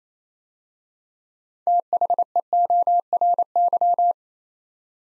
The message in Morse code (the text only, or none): THEORY